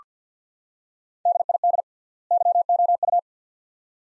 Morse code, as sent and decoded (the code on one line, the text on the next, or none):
-.. .. -.. / -.-- --- ..-
DID YOU